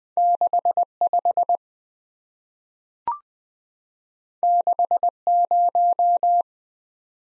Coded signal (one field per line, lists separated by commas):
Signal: Morse code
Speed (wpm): 20 wpm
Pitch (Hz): 700 Hz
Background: none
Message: 65 60